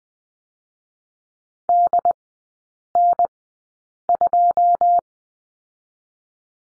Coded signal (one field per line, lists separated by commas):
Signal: Morse code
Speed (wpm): 21 wpm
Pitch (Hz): 700 Hz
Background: none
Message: D N 2